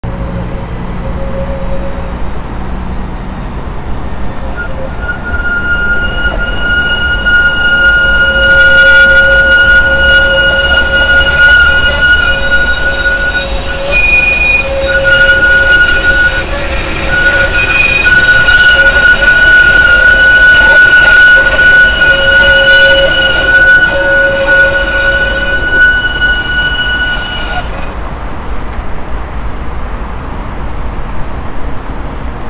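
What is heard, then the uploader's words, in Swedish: A tram rounds a curve with a loud, steady wheel squeal, a sharp piercing whine that builds from about five seconds, peaks around fifteen to twenty-five seconds, and stops near twenty-eight. A low rumble of rolling wheels runs underneath throughout. Kurvskrik från spårvagnar.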